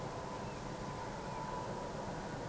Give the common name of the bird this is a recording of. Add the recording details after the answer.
Tawny Owl. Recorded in Germany. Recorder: ecoPi